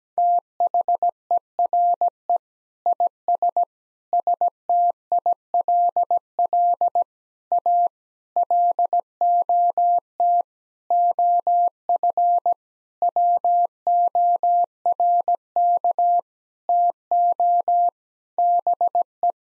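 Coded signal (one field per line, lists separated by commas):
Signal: Morse code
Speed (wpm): 17 wpm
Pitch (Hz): 700 Hz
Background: none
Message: THERE IS STILL A LOT OF WORK TO BE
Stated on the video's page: Morse practice sentences of common nine-word phrases at 17wpm for head-copy drill, each sent twice.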